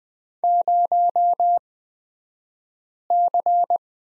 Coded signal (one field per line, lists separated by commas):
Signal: Morse code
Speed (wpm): 20 wpm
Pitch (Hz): 700 Hz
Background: none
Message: 0C